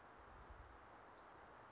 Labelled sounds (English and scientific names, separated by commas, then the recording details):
Brown Creeper (Certhia americana)
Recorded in Sonoma County, California